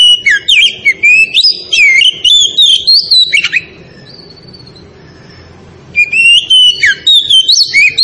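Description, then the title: Oriental magpie-robin song: rapid, varied whistled and chattering phrases in fast bursts, a quiet gap of about two seconds midway, then the song resumes. Tretes variety of oriental magpie-robin, described as in full, active song (gacor). "Kacer Tretes"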